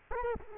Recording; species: mosquito wingbeat signal from an infrared sensor; Culex quinquefasciatus